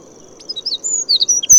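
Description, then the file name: Eurasian wren song: scattered thin, high notes that quicken and grow louder into a rapid chattering series. "Troglodytes troglodytes"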